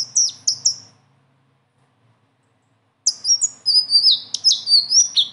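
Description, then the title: Leafbird singing in short clipped phrases, then after a brief silence a dense burst of high whistled and chirped notes tumbling rapidly. Tutor recording for training cage birds; bird singing a lot, with a rolling song and filler phrases. "BURUNG SELENDANG BIRU GACOR NGEROLL ISIAN"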